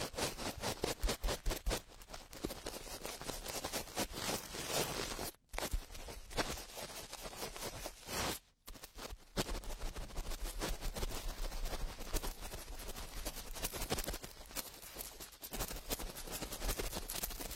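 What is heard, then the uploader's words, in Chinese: Fast, aggressive ear cleaning: dense scratching and rubbing in rapid strokes, with brief silent breaks near five and eight seconds. 高速、暴力清理耳朵。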